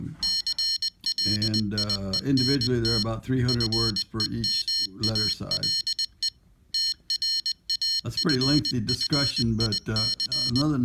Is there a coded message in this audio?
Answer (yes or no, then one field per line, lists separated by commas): yes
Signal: Morse code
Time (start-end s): 0.2-10.6 s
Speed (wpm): 20 wpm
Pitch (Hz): 3000 Hz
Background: speech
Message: CLIENT FEMALE TRAFFIC